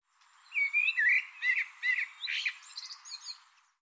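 Bird delivering a hurried sequence of warbling chirps, some slurred upward.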